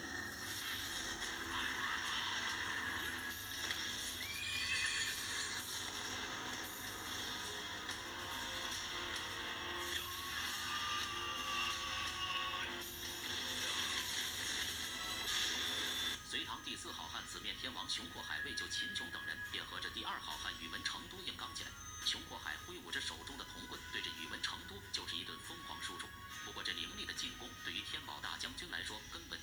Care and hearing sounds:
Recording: daily activity, guitar pickup as the sensor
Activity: browse video

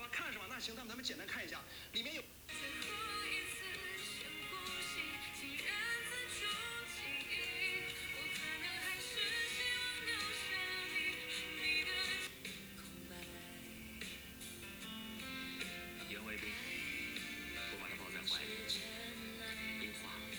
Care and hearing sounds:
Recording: daily activity, guitar pickup as the sensor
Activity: browse video

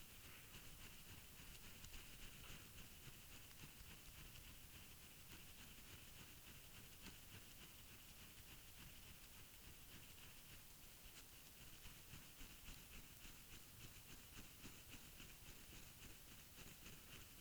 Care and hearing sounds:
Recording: daily activity, guitar pickup as the sensor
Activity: brush teeth

